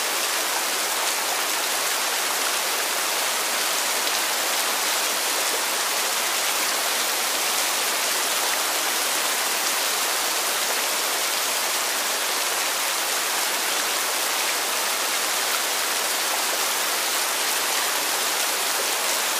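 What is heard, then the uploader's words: Heavy, torrential rain pours down in a dense, unbroken hiss that stays level for the whole stretch. The sound is bright and close, with many drops blurring into one roar. There is little low rumble beneath it. Torrential Rain. No thunder or any sudden noises. Just heavy rain white noise for 4 hours. No talking or whispering in this one.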